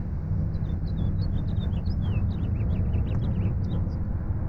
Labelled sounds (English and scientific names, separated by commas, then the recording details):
House Finch (Haemorhous mexicanus) song
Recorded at Breezy Point on Long Island, New York, on 4 June 1975
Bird B